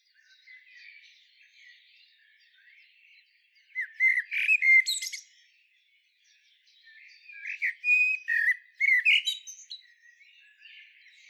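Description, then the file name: Common blackbird song: two rich warbled phrases a few seconds apart, each mixing low fluted notes with sharp high squeaky flourishes, with quieter faint twittering around them. "Turdus merula"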